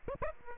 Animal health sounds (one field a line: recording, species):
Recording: mosquito wingbeat signal from an infrared sensor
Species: Aedes aegypti